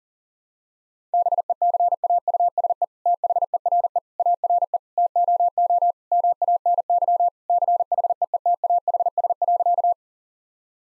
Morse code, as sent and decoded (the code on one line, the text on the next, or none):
-... . -.-. .- ..- ... . / - .... . .-. . / .- .-. . / - --- --- / -- .- -. -.-- / -.-. .... . . - .- .... ... .-.-.-
BECAUSE THERE ARE TOO MANY CHEETAHS.